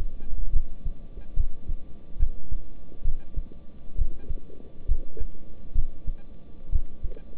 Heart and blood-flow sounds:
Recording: heart sounds by stethoscope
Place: between the tricuspid and mitral areas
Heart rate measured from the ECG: 68 bpm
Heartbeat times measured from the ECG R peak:
0.51 s: heartbeat
1.35 s: heartbeat
2.17 s: heartbeat
3.03 s: heartbeat
3.96 s: heartbeat
4.86 s: heartbeat
5.73 s: heartbeat
6.70 s: heartbeat
From the record:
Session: rest, lying down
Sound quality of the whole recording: good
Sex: male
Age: 26 years

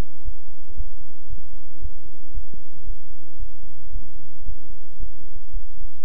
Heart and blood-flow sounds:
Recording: heart sounds by stethoscope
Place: between the tricuspid and mitral areas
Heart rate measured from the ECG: 114 bpm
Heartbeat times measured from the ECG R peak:
0.23 s: heartbeat
0.75 s: heartbeat
1.27 s: heartbeat
1.80 s: heartbeat
2.32 s: heartbeat
2.85 s: heartbeat
3.37 s: heartbeat
3.90 s: heartbeat
4.44 s: heartbeat
4.97 s: heartbeat
5.51 s: heartbeat
From the record:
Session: bicycle stress test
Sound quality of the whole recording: good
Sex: male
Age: 26 years

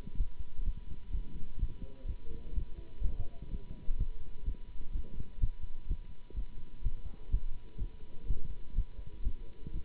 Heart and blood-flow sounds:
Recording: heart sounds by stethoscope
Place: between the tricuspid and mitral areas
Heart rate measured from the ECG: 126 bpm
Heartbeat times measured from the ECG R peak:
0.16 s: heartbeat
0.64 s: heartbeat
1.11 s: heartbeat
1.59 s: heartbeat
2.07 s: heartbeat
2.54 s: heartbeat
3.02 s: heartbeat
3.49 s: heartbeat
3.97 s: heartbeat
4.44 s: heartbeat
4.92 s: heartbeat
5.40 s: heartbeat
5.87 s: heartbeat
6.35 s: heartbeat
6.82 s: heartbeat
7.30 s: heartbeat
7.78 s: heartbeat
8.26 s: heartbeat
8.75 s: heartbeat
9.23 s: heartbeat
9.72 s: heartbeat
From the record:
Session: Bruce protocol treadmill stress test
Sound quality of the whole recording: good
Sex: male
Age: 24 years

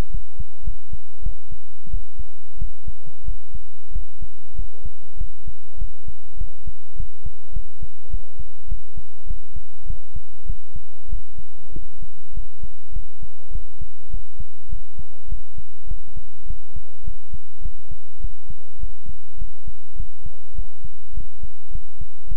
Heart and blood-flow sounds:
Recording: heart sounds by stethoscope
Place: between the tricuspid and mitral areas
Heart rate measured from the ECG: 100 bpm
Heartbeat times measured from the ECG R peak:
0.10 s: heartbeat
0.63 s: heartbeat
1.22 s: heartbeat
1.89 s: heartbeat
2.57 s: heartbeat
3.23 s: heartbeat
3.91 s: heartbeat
4.54 s: heartbeat
5.16 s: heartbeat
5.77 s: heartbeat
6.36 s: heartbeat
6.95 s: heartbeat
7.52 s: heartbeat
8.09 s: heartbeat
8.67 s: heartbeat
9.26 s: heartbeat
9.85 s: heartbeat
10.45 s: heartbeat
11.08 s: heartbeat
11.71 s: heartbeat
12.32 s: heartbeat
12.92 s: heartbeat
13.51 s: heartbeat
14.09 s: heartbeat
14.68 s: heartbeat
15.27 s: heartbeat
15.86 s: heartbeat
16.46 s: heartbeat
17.03 s: heartbeat
17.61 s: heartbeat
18.20 s: heartbeat
18.78 s: heartbeat
19.37 s: heartbeat
19.95 s: heartbeat
20.54 s: heartbeat
21.13 s: heartbeat
21.70 s: heartbeat
22.27 s: heartbeat
From the record:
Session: pedaling a stationary bicycle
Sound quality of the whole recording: good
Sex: male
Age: 24 years

